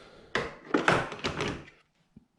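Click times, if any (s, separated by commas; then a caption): 0.4 s. A plastic inner trim piece is pressed into the facelift front bumper cover of a 2015 Mercedes S63 AMG W222 and clips home with a sharp click at 0.4 s. A burst of further sharp knocks and rattling follows from about 0.7 to 1.7 s, then a faint tap near 2.2 s. The trim piece is seated.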